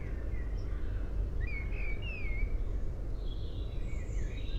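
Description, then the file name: Common blackbird giving one brief warbled phrase of slurred whistles near the middle, followed by faint high twitters, all over a constant low rumble. "Turdus merula"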